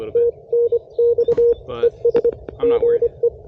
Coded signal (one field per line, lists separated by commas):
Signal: Morse code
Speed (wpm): 24 wpm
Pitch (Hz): 470 Hz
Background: speech, radio noise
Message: TNX ES GE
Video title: Unboxing a new-to-me QRP rig & brand new key!